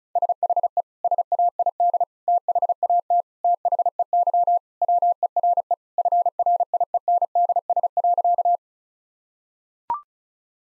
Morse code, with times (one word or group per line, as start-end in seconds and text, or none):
0.2-0.8 SHE
1.0-2.0 SAID
2.3-3.2 THAT
3.4-4.6 THEY
4.8-5.7 WERE
6.0-8.6 FRIENDS.